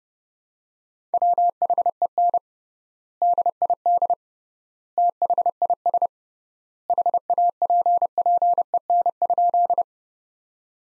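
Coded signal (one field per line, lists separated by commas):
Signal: Morse code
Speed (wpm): 30 wpm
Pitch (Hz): 700 Hz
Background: none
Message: WHEN DID THIS HAPPEN?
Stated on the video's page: Morse practice sentences from the top 400 words at 30 wpm, sent with 3x standard word spacing, a Farnsworth-like method.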